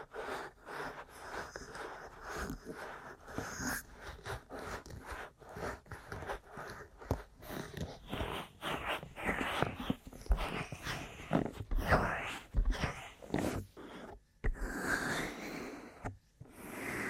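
Ear massage and tapping, with dense rubbing and scratchy friction that swells and fades in irregular bursts throughout. Quick taps and sharp breaks punctuate the texture every second or so, with brighter, hissier rubbing near the end and short silent gaps around 14 and 16 seconds.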